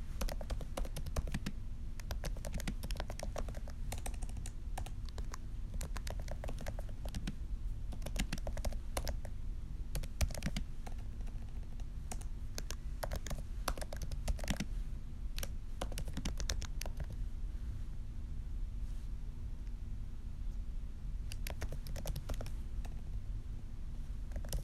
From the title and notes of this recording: Typing for sleep asmr.